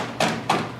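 A Lotus Evora's rear hatch latch on the car body is struck while it's triggered with the safety string, because the auto pop has stopped working. Two short knocks are heard at 0.2 s and 0.5 s. The latch stays stuck half released, unlatched but not all the way, and pulling up does nothing.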